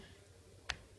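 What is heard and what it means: A smartphone's glass back cover, with its screws removed, is slid forward on the housing, giving one short, sharp click at 0.7 s over a quiet background. The cover comes loose and is released so it can be lifted off.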